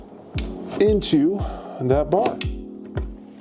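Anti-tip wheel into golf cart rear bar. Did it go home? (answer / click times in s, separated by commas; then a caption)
yes / 3.0 s. The spring pin is pulled and an anti-tip wheel is slid into the rear bar of a Cart Tek 1500 V3 electric golf cart with remote control while someone talks. The pin is then let go and engages the wheel's notch with a sharp click at 3.0 s, locking the anti-tip wheel into place.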